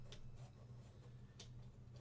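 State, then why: Not seated. Plastic panels of a transforming figure's vehicle mode are handled and fitted together after the little passenger compartment is opened, giving faint ticking contacts over a steady low hum. Nothing has seated or clicked yet; the clip ends just before the part goes home.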